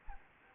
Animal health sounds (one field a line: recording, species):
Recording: mosquito wingbeat signal from an infrared sensor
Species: Anopheles arabiensis